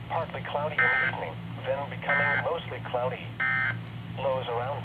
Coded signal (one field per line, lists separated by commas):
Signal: Emergency Alert System (SAME) tones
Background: speech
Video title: HIGH WIND WARNING FOR MY COUNTY!(EAS #3-4)